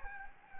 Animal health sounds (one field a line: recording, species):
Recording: mosquito wingbeat signal from an infrared sensor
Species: Anopheles gambiae